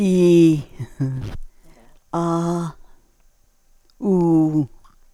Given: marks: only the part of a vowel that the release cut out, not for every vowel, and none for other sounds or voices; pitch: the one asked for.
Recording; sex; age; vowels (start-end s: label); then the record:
sustained vowels; female; 70 to 79 years
0.00-0.53 s: vowel /i/, normal pitch
2.16-2.68 s: vowel /a/, normal pitch
4.07-4.61 s: vowel /u/, normal pitch
From the record:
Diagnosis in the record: presbyphonia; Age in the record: 73 years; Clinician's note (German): Zustand nach Strumektomie, keine Rekurrensparese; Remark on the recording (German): Alle Vokale wurden auf der gleichen Tonhöhe produziert.